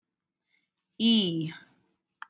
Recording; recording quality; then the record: sustained vowel as in beet; excellent, no background noise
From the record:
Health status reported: healthy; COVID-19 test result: negative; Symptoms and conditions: none ticked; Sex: female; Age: 26 years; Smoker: not ticked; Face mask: not worn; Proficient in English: yes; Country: United States